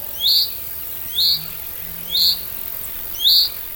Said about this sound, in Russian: Это называется рюмение. Рюмение зяблика от слова «рюмить». Не от слова «рюмка», а от слова «рюмить».